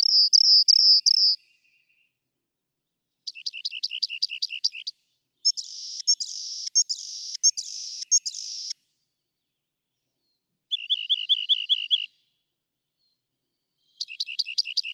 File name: Rock Wren